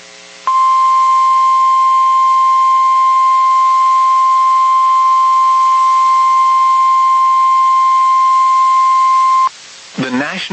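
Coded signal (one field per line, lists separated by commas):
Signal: Emergency Alert System (SAME) tones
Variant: 1050 Hz attention tone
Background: speech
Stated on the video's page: Tornado warning from NOAA Weather Radio received via online stream.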